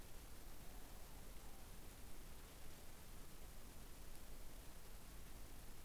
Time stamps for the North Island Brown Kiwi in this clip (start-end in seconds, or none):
none